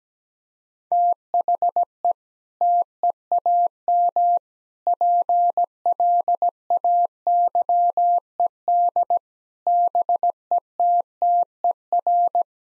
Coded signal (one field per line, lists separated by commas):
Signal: Morse code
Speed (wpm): 17 wpm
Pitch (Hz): 700 Hz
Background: none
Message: THE TEAM PLAYED BETTER